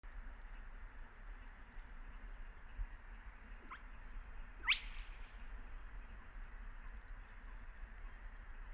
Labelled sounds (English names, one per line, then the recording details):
Spotted Crake
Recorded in the wild
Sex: male
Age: adult
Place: Kützerhof, Kummerower See, Mecklenburg-Vorpommern, DE
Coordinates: 53.85, 12.8586
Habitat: wetland
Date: 2009-05-04 23:19
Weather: heiter, fast windstill, 6°C
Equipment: Sound Devices 702, Sennheiser MKH 70, Rycote Windschutz
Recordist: Frommolt, Karl-Heinz
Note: Große Rosin: zwei Rufe einer Tüpferralle. Entfernung ca